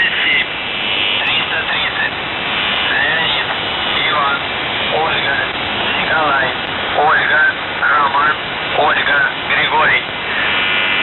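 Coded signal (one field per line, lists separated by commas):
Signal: numbers station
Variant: UVB-76, Russian voice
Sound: a voice reading short words through heavy hissing shortwave static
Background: radio static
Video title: The Buzzer/UVB-76(4625Khz) May 25th, 2023 09:27UTC Voice message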